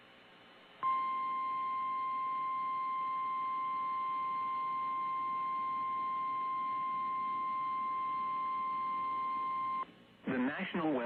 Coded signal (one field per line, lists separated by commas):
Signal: Emergency Alert System (SAME) tones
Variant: 1050 Hz attention tone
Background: speech